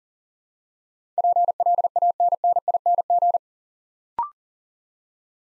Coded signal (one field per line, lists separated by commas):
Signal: Morse code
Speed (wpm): 40 wpm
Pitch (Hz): 700 Hz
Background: none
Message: PLANNING